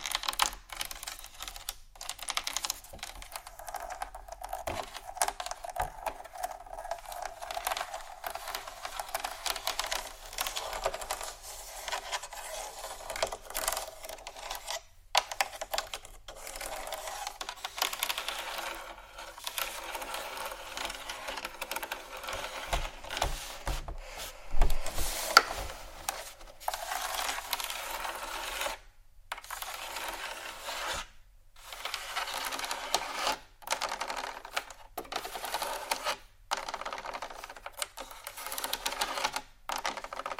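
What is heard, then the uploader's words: Dense scratching rasps steadily through mid and bright tones, broken by brief pauses every few seconds, with a louder scrape near twenty-five seconds. ASMR 31 Scratching Triggers For Your Tingles（No Talking）.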